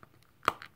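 A plastic leg piece of a build-a-figure, Marvel Legends Onslaught Red Skull, is pushed into its torso hip socket. A few faint taps lead up to one loud, sharp click at 0.5 seconds, and the leg seats into the hip. A couple of quieter ticks follow.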